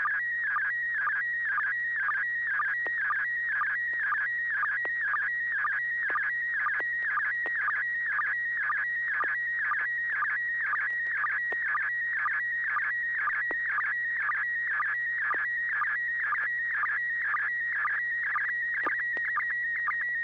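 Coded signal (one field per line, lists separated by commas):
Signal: SSTV (slow-scan television)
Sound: warbling, shifting tone around 2 kHz with steady rhythmic low blips, like chirping scan lines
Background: steady low hum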